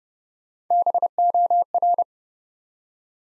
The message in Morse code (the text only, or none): BOR